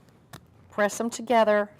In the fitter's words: it clicks into place and then do the safety catch underneath